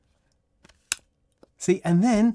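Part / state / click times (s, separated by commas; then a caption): pancake lens into camera bayonet mount / seated / 0.9 s. A small 3D-printed Pocket Dispo body-cap style pancake lens is twisted onto the bayonet mount of a Z5 mirrorless camera until it locks. A few faint ticks lead up to one sharp, loud click at 0.9 s as the lens seats securely, followed by a soft tick and then someone talking.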